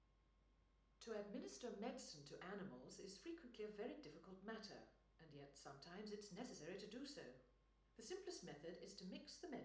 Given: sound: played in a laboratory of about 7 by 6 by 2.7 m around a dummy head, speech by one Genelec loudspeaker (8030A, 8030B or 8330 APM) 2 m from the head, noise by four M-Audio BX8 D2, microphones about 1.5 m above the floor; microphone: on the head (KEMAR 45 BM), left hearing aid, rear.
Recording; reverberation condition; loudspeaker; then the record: female speech in English; medium; 90 degrees to the left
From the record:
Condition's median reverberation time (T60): about 510 ms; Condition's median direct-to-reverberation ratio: about -0.5 dB